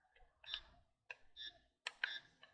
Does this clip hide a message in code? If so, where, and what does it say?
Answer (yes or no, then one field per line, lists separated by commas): no